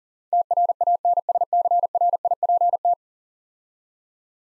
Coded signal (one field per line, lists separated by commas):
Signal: Morse code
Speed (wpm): 42 wpm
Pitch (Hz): 700 Hz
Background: none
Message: TRANSCRIPT